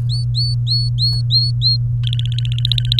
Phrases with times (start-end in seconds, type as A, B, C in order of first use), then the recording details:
0.09-1.76 A, 2.03-2.99 B. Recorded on 24 April 2018 at 11:36. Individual llb3